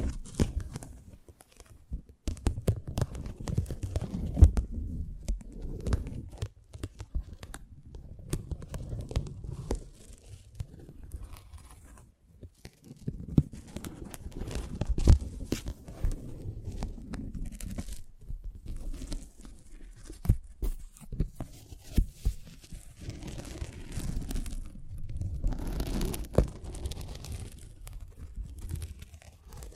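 An ASMR close-up mic treatment: dense scratching, rubbing and crinkling against the mic, heavy in the low end with brief crisp tearing-like bursts. The sounds come in uneven stretches, easing off briefly around two seconds and again near eleven seconds before building back up.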